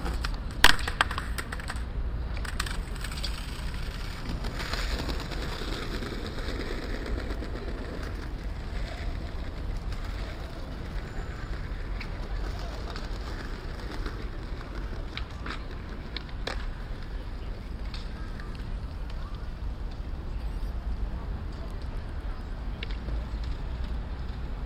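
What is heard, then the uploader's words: Distant traffic forms a steady low rumble under an open outdoor space, with a rolling, gritty texture like wheels on pavement. Scattered small clicks and knocks come through irregularly, and a sharper bump stands out about a second in. Cathedral Square Vilnius Lithuania. Distant traffic, a skateboard and a small kid ‘walking’ withs skates.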